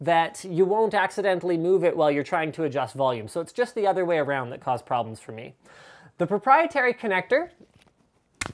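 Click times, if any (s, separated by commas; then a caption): 8.4 s. A proprietary cable connector is pushed into the ear cup of a CM Storm Pulse-R gaming headset while someone talks. After the talking stops, the connector snaps in with a sharp click at 8.4 s and is seated.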